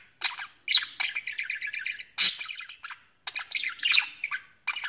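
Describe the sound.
Budgerigar warbling in bursts of mixed chirps, trills and squeaky notes, broken by short gaps.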